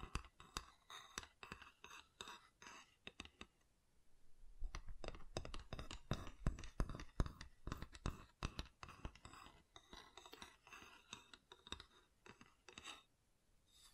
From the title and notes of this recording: ASMR Calming Wood Triggers for Sleep (No Talking).